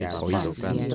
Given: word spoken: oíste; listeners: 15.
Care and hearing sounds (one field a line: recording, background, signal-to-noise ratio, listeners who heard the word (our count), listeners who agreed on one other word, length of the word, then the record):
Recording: one Spanish word in noise, from a listening test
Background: four-talker babble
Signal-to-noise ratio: -2.0 dB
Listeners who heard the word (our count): 1 of 15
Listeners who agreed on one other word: 8 of 15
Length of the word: 0.55 s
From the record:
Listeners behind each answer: 8, 2, 1, 1, 1, 1, 1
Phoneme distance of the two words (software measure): 27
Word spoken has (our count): 3 syllables, 5 phonemes, stress on syllable 2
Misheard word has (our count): 3 syllables, 4 phonemes, stress on syllable 2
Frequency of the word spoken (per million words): 1.78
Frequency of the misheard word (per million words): 54.24